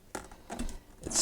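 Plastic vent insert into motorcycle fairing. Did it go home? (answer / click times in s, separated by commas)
yes / 0.2 s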